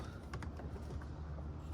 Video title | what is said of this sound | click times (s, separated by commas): 2002-2006 Honda Crv Window Switch Replacement | Oh, I feel it clicked in. Didn't. | none